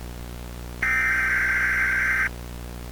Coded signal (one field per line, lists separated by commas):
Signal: Emergency Alert System (SAME) tones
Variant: header bursts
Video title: National Pancake Day EAS Mini